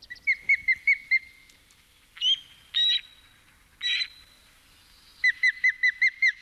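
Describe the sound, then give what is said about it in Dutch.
An osprey calls alone: a quick run of thin, high whistled chirps, then a few harsher, buzzy squeals, followed by another rapid series of shrill cheeping notes. “Het is een heel iel geluidje voor een reusachtig vogel, de visarend.”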